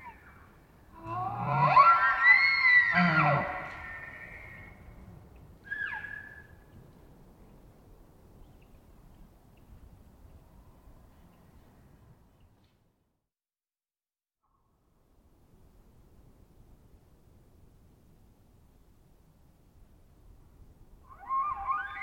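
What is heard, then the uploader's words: An elk bugle rises to a high, shrill whistle early on, a brief squeal follows, then near silence until another call begins. Elk bugles, that most quintessential of elk sounds, isolated from Double mid-side soundscape original. Multiple herds surround campsite in early morning hours. Processed with light noise expansion. Recorded in the Beautiful Pacific Northwest in Washington, Untied States. Wild Elk Bugles.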